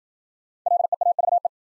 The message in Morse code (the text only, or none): LEAVE